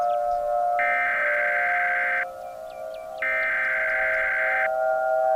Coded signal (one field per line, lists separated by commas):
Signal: Emergency Alert System (SAME) tones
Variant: header bursts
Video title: EAS scenario #1 - That's no lunar eclipse...